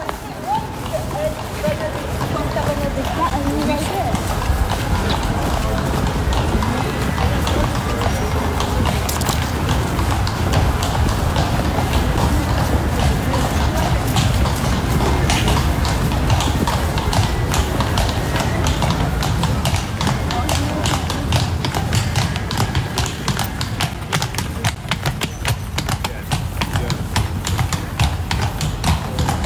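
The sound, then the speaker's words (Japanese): Horse hooves clip-clop steadily over cobblestones as a carriage drawn by a pair of horses is pulled through the streets of Kraków, Poland, a continuous rhythm of sharp taps over a dense bed of street noise and murmuring voices. “聞いただいたのは馬の足音でした。”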